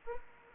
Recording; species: mosquito wingbeat signal from an infrared sensor; Anopheles arabiensis